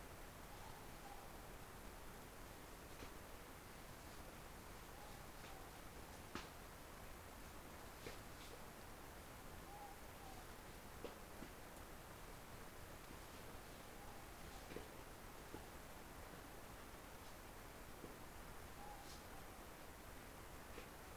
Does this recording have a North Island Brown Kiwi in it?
no